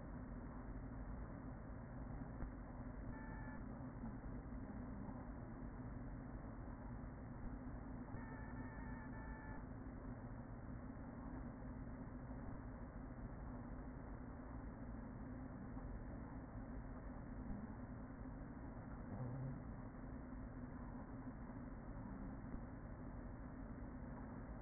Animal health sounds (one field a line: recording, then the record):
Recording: honeybee colony, microphone inside the hive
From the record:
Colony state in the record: queen present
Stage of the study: after two queens were removed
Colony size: about 40,000 bees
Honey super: no